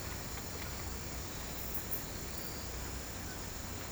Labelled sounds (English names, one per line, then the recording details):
none
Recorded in pastures near Puerto Asís, Putumayo, Colombia, on 21 March 2025 at 16:00
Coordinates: 0.472, -76.329
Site G074